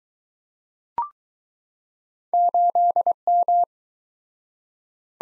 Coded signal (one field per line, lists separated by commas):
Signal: Morse code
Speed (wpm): 20 wpm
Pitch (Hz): 700 Hz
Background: none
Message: 8M